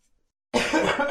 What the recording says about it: You can hear the remnants of that cough.